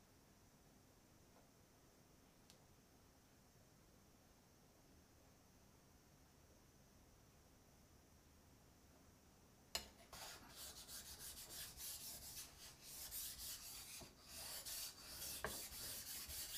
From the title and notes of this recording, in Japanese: 環境音 久しぶりの包丁研ぎ。3本研いで少し疲れました。